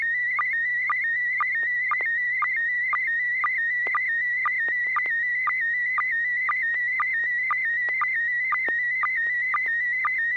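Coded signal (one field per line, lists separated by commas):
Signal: SSTV (slow-scan television)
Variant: PD220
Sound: warbling, slowly shifting whistle around 2 kHz with a steady rhythmic tick about twice a second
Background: low hum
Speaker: okay there we go uh this is going to be pd220 n6 [Music] pgq e e I d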